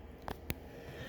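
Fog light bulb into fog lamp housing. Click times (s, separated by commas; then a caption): 0.3 s, 0.5 s. An H11/H8 fog light bulb on a 2012–2015 Honda Civic, its tabs lined up with the holes in the fog lamp housing, is turned clockwise. Two sharp, short clicks are heard at 0.3 s and 0.5 s over low background noise. The bulb twist-locks into place in the housing.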